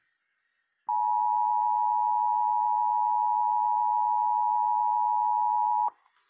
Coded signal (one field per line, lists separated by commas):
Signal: Emergency Alert System (SAME) tones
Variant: 853 and 960 Hz attention tone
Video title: EAS 337 MISSOURI CAE